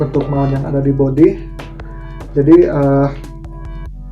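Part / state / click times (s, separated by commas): interchangeable lens into DSLR camera body mount / not seated / none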